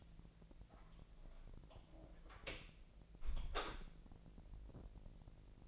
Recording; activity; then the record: daily activity, microphone in the room; close door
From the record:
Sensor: 5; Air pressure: 1001.5 hPa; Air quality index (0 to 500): 249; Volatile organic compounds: 34 ppm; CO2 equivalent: 3041 ppm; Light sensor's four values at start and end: 40/92/37/37 and 40/92/37/37